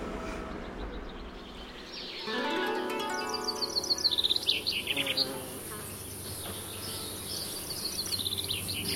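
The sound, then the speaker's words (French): Cicadas drone and chirp outdoors under trees in a garden beside a swimming pool, in a steady, buzzing chorus, with bright, rapid high-pitched trills rising and falling over it. Some bird-like tweets mix in, and no one speaks. “J'adore, c'est très agréable, avec le bruit des cigales, sous les arbres, donc du coup, il fait pas trop chaud.”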